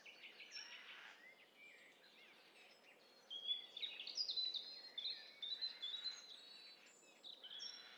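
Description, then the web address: Birds singing together, several overlapping high chirps, trills and whistles, busier and louder in the middle of the passage. Several birds mixed together in stereo. "Hi Fi STEREO BIRD COCKTAIL PARTY Challenge SBCP TESTSET"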